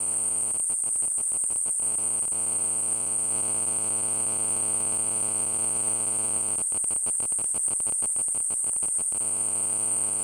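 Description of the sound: A steady, piercing high-pitched whistle runs unbroken through the whole clip over a low hum, with two bursts of rapid clicking crackle. It is a simulation of tinnitus, the constant ringing heard in the ears without any outside sound.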